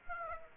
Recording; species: mosquito wingbeat signal from an infrared sensor; Aedes aegypti